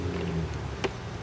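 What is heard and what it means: The carry handle of a Pelican 20QT grizzly-proof cooler is swung around on the cooler body until it locks into its rotation detent at the 180° position. Over a low steady background hum, a single short, sharp click at 0.8 s marks the handle seating in that position. Nothing else is heard.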